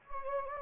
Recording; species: mosquito wingbeat signal from an infrared sensor; Anopheles gambiae